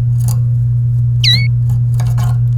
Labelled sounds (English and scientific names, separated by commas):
Domestic Canary (Serinus canaria) song